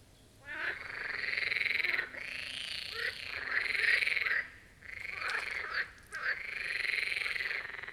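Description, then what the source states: Marsh frogs in loud chorus, long rattling croaks lasting over a second each, overlapping and broken by brief gaps and sharp clicks. Chorus of marsh frogs at the Birkensee in Schönbuch, Germany, recorded on one of the first hot summer days of 2023.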